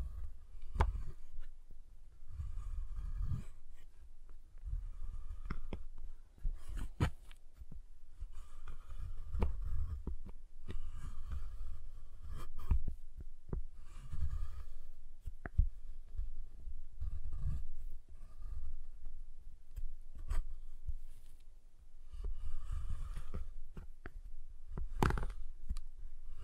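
A giant chocolate bar is tapped and handled, producing a steady run of soft, dull knocks and sharp clicks every second or so. Low thumps sit under the taps throughout, with a few crisper snaps near 7, 10, 13 and 25 seconds.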